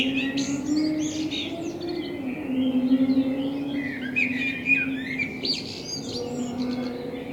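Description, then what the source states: Common blackbird warbling several mellow phrases with high squeaky endings, over a prominent steady low drone. Binaural dummy-head recording with a self-built artificial head, made in front of the recordist's window; intended for headphone listening.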